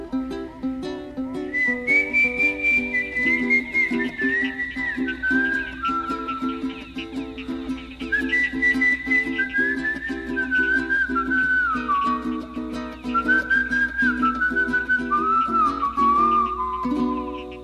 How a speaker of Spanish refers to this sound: mientras que apura la marcha pensando que le faltaba varias leguas de camino y la hora se le avanzaba, desliza un silbido lento que todo esto le inspiraba.